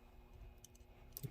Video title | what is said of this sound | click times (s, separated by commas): Google Pixel 6 and 6 pro Screen replacement | you have to be very careful of this part okay click | 1.2 s